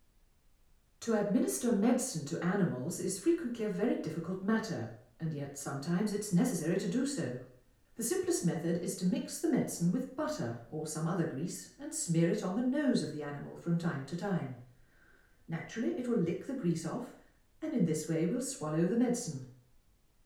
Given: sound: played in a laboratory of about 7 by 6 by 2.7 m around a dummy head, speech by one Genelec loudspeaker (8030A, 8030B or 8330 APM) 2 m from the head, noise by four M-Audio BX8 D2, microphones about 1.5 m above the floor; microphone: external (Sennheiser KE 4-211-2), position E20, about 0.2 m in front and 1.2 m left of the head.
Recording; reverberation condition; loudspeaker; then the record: female speech in English; medium; 60 degrees to the right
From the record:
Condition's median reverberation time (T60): about 510 ms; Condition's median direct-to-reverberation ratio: about -0.5 dB